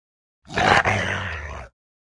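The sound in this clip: Rottweiler giving a single harsh, rough growling vocalization of just over a second, with a brief break partway through and no other sounds.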